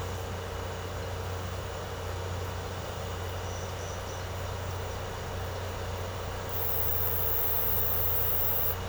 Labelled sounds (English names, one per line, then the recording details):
none
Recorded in secondary vegetation near Puerto Asís, Putumayo, Colombia, on 13 March 2025 at 12:00
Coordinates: 0.468, -76.324
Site G059